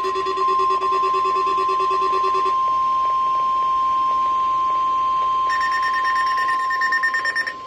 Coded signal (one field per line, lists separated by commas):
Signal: Emergency Alert System (SAME) tones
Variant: 1050 Hz attention tone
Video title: New Year Same Lincoln | EAS Tests From 1/5/2022 (EAS #1,225-1,230)